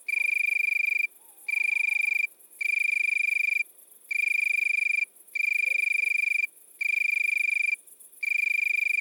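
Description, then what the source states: Italian tree cricket delivering long, clear trills of about a second each, separated by short silences. Recorded at midnight at Le Puech, Cantal.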